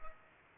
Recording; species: mosquito wingbeat signal from an infrared sensor; Culex pipiens